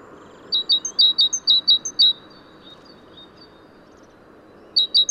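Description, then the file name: Great tit giving a fast series of sharp, high two-note phrases for under two seconds, silence, then a new bout beginning; continuous low hiss underneath. "Parus major"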